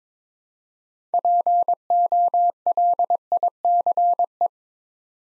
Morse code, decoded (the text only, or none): POLICE